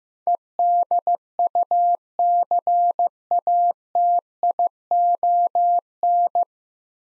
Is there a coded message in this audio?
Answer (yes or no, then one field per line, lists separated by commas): yes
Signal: Morse code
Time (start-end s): 0.3-6.4 s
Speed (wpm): 15 wpm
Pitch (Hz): 700 Hz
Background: none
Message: EDUCATION